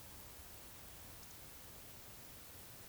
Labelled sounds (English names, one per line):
Eurasian Woodcock whistle